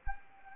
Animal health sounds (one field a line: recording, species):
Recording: mosquito wingbeat signal from an infrared sensor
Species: Anopheles arabiensis